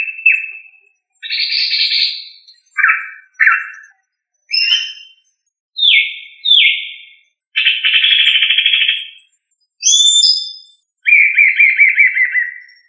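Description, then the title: Thrush singing a sequence of varied whistled and warbling phrases, several downslurred notes, a rattling trill midway and a buzzy descending phrase at the end, with brief silent gaps. "Familia Turdidae - Sabia"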